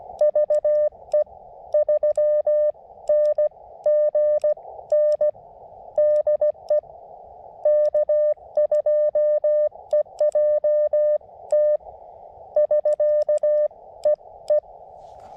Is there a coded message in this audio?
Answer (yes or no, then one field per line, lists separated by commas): yes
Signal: Morse code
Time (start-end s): 0.2-14.6 s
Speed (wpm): 16 wpm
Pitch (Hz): 590 Hz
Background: none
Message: VE3NGN DE K2EJT <SK> E E